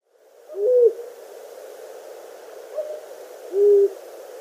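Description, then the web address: Long-eared owl, two low hooting notes about three seconds apart, the second slightly lower, plus a brief faint sound between them. Male giving display calls. "Schulze Peter Long-eared Owl"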